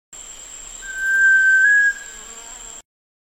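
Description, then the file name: Sunbittern giving one drawn-out, clear whistle held about a second, stepping faintly higher near its end, with a constant thin high tone behind it. "canto do pavaozinho do para"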